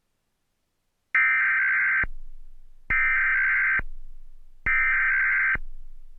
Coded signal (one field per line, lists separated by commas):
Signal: Emergency Alert System (SAME) tones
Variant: header bursts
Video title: EAS MOCK: REQUIRED MONTHLY TEST FOR THE MISSOURI STATES